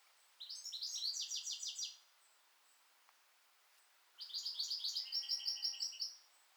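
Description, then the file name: European goldfinch with two quick runs of liquid, twittering chirps, each lasting about two seconds or less, with faint lower whistled notes in the second. "Carduelis carduelis"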